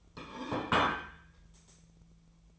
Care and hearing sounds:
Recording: daily activity, microphone in the room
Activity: place plate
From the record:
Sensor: 1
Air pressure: 1009.4 hPa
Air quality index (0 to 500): 196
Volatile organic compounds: 20 ppm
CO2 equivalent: 2681 ppm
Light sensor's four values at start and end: 28/71/29/35 and 28/71/29/35

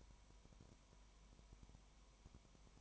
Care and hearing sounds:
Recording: daily activity, microphone in the room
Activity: no activity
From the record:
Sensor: 1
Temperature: 19.1 degrees Celsius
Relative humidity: 34.1%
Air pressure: 1001.3 hPa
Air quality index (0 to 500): 82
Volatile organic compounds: 1 ppm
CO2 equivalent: 821 ppm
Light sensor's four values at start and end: 1/2/1/1 and 1/2/1/1

